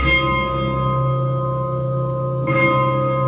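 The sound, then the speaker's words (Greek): Deep orchestral bells toll in the fifth movement of Berlioz's Symphonie fantastique, their long ringing overtones hanging over a sustained low orchestral drone, with a fresh bright strike near the end; no one speaks. “Υπάρχει φανταστική συμφωνία του Μπερλιός που στο πέμπτο μέρος έχει τις καμπάνες.”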